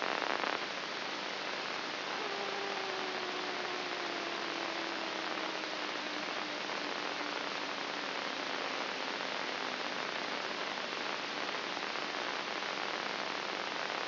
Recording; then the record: brain microelectrode recording played as sound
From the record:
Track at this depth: inside the subthalamic nucleus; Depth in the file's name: 5.04 mm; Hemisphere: right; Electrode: 3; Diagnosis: Parkinson's disease